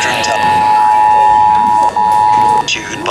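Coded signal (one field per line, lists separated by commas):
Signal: Emergency Alert System (SAME) tones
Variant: 853 and 960 Hz attention tone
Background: speech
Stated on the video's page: Real National Periodic Test on EAS and WEA.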